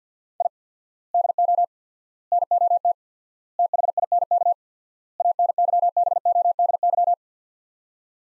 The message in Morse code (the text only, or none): I DO NOT THINK ANYBODY